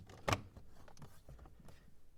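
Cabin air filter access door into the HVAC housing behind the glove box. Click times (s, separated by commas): 0.3 s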